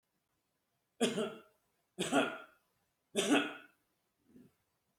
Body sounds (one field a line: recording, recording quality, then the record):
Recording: heavy voluntary cough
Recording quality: excellent, no background noise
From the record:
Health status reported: healthy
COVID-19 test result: negative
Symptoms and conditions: diabetes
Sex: male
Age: 54 years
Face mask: not worn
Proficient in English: yes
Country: India